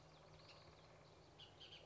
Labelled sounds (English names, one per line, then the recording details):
Bullock's Oriole
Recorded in Sonoma County, California